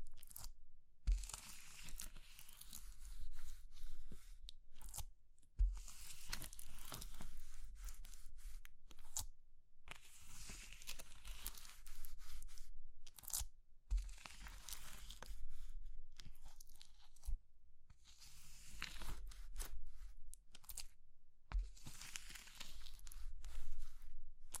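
Crushing of soap, chalk or meringue: dense, bright crumbling bursts of a few seconds each, split by brief silences, with sharp snaps throughout.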